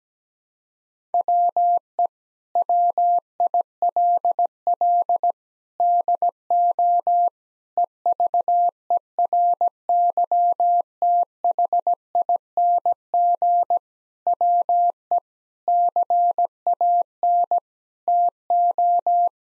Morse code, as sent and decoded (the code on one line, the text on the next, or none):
.-- . / .-- .. .-.. .-.. / -.. --- / . ...- . .-. -.-- - .... .. -. --. / .-- . / -.-. .- -. / - ---
WE WILL DO EVERYTHING WE CAN TO